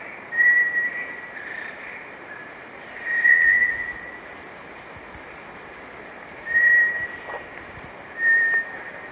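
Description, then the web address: Bartlett's tinamou sounding four clear whistled notes, spaced by pauses, against a steady high-pitched buzz. Recorded in the eastern lowlands of South America. "Natures Songs S America Eastern Lowlands Bartlett's Tinamou"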